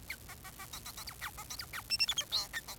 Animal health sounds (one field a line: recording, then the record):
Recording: song of a male Bengalese finch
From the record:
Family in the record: son of father 4